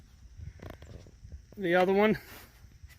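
A piece of the bagger frame on a Craftsman T210 riding lawn tractor is being handled and pushed in behind the other piece toward the lower groove of its mount, with faint handling taps around 0.7 and 0.8 seconds. Someone talks briefly near the middle of the clip. Nothing has seated or clicked yet.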